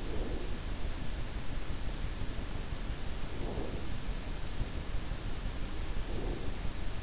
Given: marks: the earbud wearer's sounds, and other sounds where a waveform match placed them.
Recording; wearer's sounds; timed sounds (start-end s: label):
sounds in sleep by an in-ear microphone; breath
0.01-0.49 s: breath
3.40-3.92 s: breath
6.09-6.60 s: breath